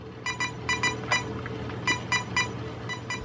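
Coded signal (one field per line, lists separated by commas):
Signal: beep code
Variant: Castle Creations ESC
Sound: short buzzy electronic beeps in two clusters separated by a brief pause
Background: room hum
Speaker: so we've got three beeps they're followed by three beeps oh we got oh the first three after the breaker map the second three for option three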